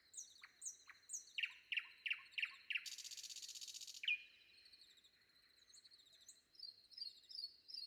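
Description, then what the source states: Common Nightingale singing: a row of emphatic repeated chirps leading into a loud buzzy churr, then a whistled note and quieter high twitters. Recorded before dawn.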